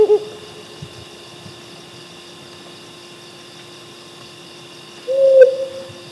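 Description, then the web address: Mottled wood owl hoot: one low, steady note near the end, a clipped hoot at the very start, over a constant electrical-sounding hum and hiss. Subspecies grisescens. "Mottled Wood Owl Strix ocellata grisescens. mottled wood owl call"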